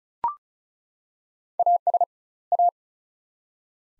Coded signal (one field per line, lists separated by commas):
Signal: Morse code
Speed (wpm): 36 wpm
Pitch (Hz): 700 Hz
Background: none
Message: AS A